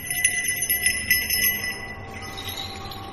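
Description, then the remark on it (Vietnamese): A cluster of small bells jingles and tinkles with bright, high metallic shimmer, ringing steadily for about two seconds before thinning into a faint lingering ring. “Gã đưa tay quẹt ngang, những thứ nhơ nhớp của cái xác bắn lên mặt, thì bất ngờ có tiếng leng ca leng keng như tiếng chuông gọi hồn, làm cho gã giật thót mình, suýt nữa đái cả ra quần.”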